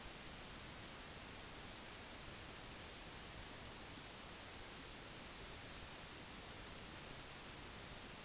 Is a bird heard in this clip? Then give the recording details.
no. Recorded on Arctic tundra, site NAIT-1, on 25 June 2019. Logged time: 10:00